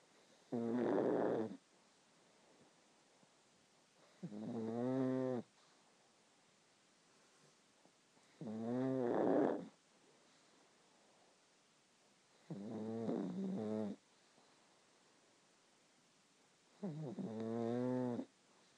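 A pug snoring: five tonal, harmonic snores, each lasting about a second, coming roughly every four seconds (about 14 per minute) with quiet pauses between.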